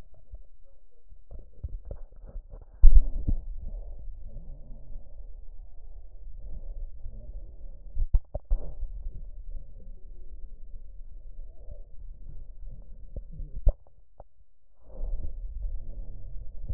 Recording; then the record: lung sounds by stethoscope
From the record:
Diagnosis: emphysema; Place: left posterior upper chest